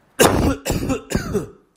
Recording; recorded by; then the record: voluntary cough; messaging app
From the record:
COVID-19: negative